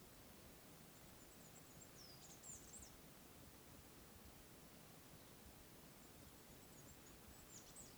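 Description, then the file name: Birds calling with high, thin, slurred notes clustered near the start and again at the end, against a constant low background hiss. Wild birds calling in the bird forest at Oneyama. "尾根山（おねやま）野鳥の森（野鳥たちの鳴き声"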